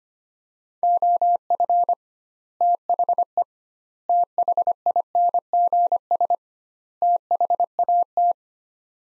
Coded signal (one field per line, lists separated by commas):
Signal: Morse code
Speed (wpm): 25 wpm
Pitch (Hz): 700 Hz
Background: none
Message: OF THE THINGS THAT